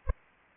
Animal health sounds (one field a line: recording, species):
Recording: mosquito wingbeat signal from an infrared sensor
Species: Anopheles arabiensis